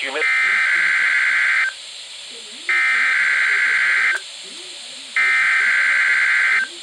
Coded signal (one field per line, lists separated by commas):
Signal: Emergency Alert System (SAME) tones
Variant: header bursts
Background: speech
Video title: WXL52 Weekly Test (8/4/21)(EAS 831)